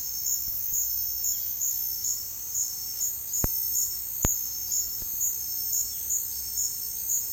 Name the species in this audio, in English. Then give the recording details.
none. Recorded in dense forest near Puerto Asís, Putumayo, Colombia, on 20 February 2024 at 08:30. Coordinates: 0.485, -76.322. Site G6406